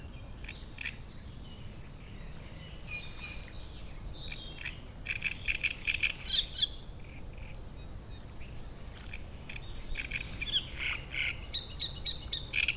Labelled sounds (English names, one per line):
Great Reed Warbler